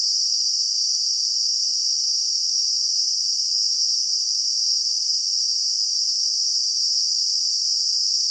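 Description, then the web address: Cicada call: a continuous high hissing drone, level and unchanging throughout, with no other sounds. In a garden. "WSPDatabase Analysis DVD Garden Cicadas"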